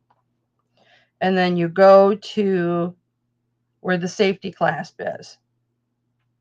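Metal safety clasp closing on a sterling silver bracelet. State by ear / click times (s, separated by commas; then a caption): not seated / none. Someone talks while handling a sterling silver bracelet, working toward its metal safety clasp, with only a couple of faint ticks near 0.1 s and 0.8 s before the speech. The clasp has not snapped shut yet, and nothing has clicked or seated by the end of the clip.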